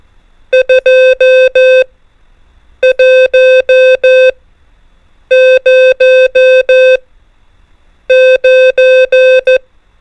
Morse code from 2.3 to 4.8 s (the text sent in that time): 1